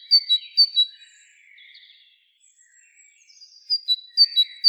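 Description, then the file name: Great tit giving a few ringing two-note whistles at the start and again at the end, with soft scratchy chatter in the middle. "Parus major"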